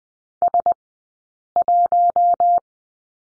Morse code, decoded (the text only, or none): S 1